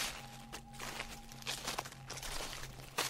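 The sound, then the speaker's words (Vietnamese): Soft shuffling footsteps walking right behind a man passing a house late at night, scraping and rustling in uneven bursts over a faint steady hum, with no voices. “Lúc đi qua nhà ấy, ông chợt loáng thoáng, nghe như có tiếng bước chân loạt xoạt đi ngay đằng sau mình.”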